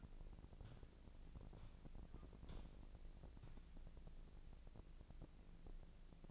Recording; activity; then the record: daily activity, microphone in the room; walk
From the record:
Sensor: 5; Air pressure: 1012.3 hPa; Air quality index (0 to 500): 158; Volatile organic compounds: 2 ppm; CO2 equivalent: 1084 ppm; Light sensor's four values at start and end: 303/730/311/347 and 302/726/310/345